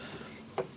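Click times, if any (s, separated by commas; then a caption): 0.6 s. A folding plastic part of a Combiner Wars Devastator Long Haul plastic figure is collapsed into its plastic holder on the figure during transformation. A single small, sharp tick at 0.6 s stands out against a quiet background as the part clicks into place and seats in the holder.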